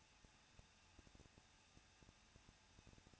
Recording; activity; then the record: daily activity, microphone in the room; no activity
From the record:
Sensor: 2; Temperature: 21.0 degrees Celsius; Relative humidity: 37.3%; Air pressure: 1006.3 hPa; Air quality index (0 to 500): 221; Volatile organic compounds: 23 ppm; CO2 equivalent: 2793 ppm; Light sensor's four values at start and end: 2/3/2/2 and 2/3/2/2